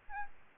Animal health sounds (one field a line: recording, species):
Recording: mosquito wingbeat signal from an infrared sensor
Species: Aedes albopictus